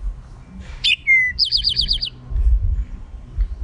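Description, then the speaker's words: Eastern Towhee song: a sharp opening note, a slurred falling whistle, then a fast trill of bright repeated notes. Song likened to 'drink your tea'. "And their song, some people say, sounds like drink your tea."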